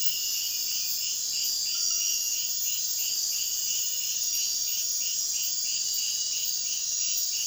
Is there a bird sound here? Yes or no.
no